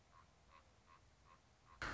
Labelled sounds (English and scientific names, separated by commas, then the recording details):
Common Raven (Corvus corax)
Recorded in Sonoma County, California